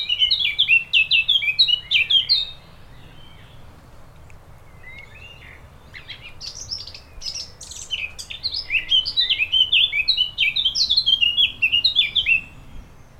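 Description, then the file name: Eurasian blackcap song: a rapid, bright warbling phrase of varied chirping notes for about two seconds, a pause, then a longer fluting, jumbled warble. "Sylvia atricapilla"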